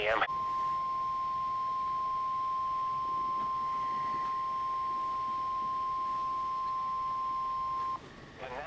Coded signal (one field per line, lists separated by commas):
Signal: Emergency Alert System (SAME) tones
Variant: 1050 Hz attention tone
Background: speech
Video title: SEVERE WEATHER IN NORTH CAROLINA | EAS Timeline (EAS ALERTS 82-93)